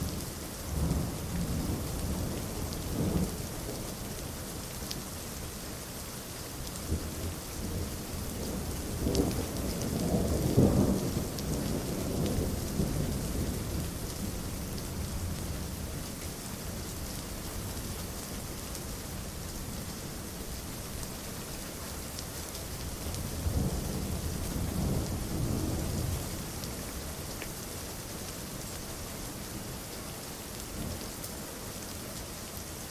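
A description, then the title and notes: A thunderstorm with steady rain hissing throughout, dense and even. Low rumbles of thunder roll in around the start, swell near ten seconds, and return more softly around twenty-five seconds, deep rather than sharp cracks. Thunder Storm.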